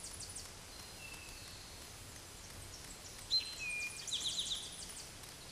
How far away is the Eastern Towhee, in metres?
about 20 m